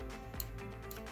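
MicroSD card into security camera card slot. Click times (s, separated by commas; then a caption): 0.4 s. A microSD card is pushed into the card slot of an OSI solar security camera until its push-push latch clicks at 0.4 s, seating the card. A fainter tick follows at 0.9 s over a steady low tonal background.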